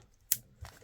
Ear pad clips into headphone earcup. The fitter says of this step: there's no particular orientation for these so it should be quite easy just to snap in there we